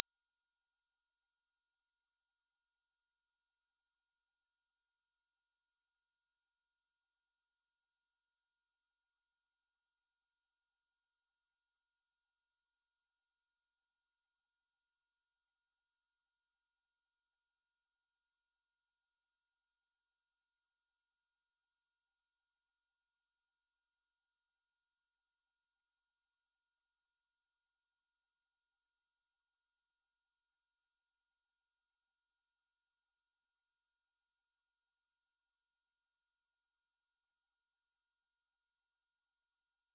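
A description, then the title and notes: A pure sine tone at 5555 Hz holds perfectly steady for the full forty seconds, a single thin, high, piercing pitch. Its loudness never changes, and nothing else is heard, with no background noise and no breaks. 5555 Hz 1 Hz Interval Sine Pure Tone Frequency 441000 Sample Mono.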